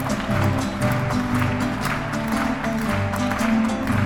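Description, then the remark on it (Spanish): An audience claps along with the palms to a refalosa performed at a concert, in a steady, quick rhythm, sharp even beats repeating about three or four times a second over sustained low instrumental notes, with no talking. “Si ustedes me acompaña con la palma, dice.”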